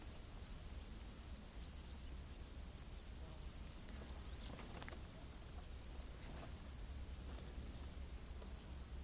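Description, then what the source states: Crickets giving rapid, high, evenly spaced chirps. Crickets chirping at night in humid rainforest.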